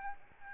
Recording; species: mosquito wingbeat signal from an infrared sensor; Aedes albopictus